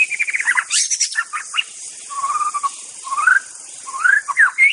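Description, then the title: White-rumped shama song, a fast descending trill followed by varied whistles, including a steady low whistle and rising slurred notes, rich and loud. Wild bird recorded in forest. "Suara burung murai batu asli hutan"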